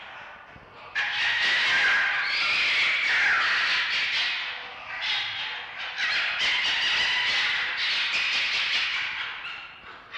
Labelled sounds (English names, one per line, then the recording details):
Red Fox
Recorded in captivity
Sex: male
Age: adult
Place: Zoologisches Institut der HUB, Berlin, DE
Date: 1952-04-02 19:30
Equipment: Elmetra
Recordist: Tembrock, Günter